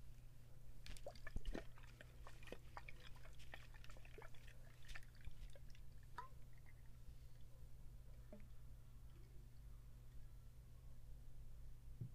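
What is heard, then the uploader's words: Mouth sounds and light tapping make quick, crisp clicks, busy and irregular through the first six or seven seconds, then thinning out to a few scattered taps. A steady low hum runs underneath the whole time. Mouth sounds and tapping.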